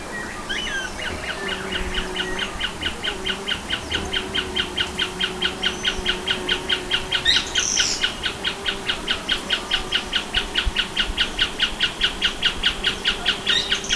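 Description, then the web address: Bird calls begin with scattered notes, then settle into a fast regular run of short falling chirps, about two per second, with an occasional high squeal. "BIRD 2015 SABIOD"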